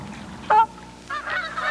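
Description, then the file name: Canada goose giving a single loud nasal honk, then fainter overlapping honks from other geese after a pause. "1986-10-06 Canada Geese"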